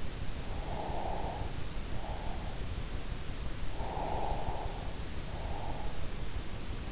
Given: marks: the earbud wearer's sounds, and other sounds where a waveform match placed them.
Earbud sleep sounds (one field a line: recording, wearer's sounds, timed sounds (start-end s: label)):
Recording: sounds in sleep by an in-ear microphone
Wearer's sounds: breath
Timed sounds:
0.80-2.52 s: breath
3.93-5.83 s: breath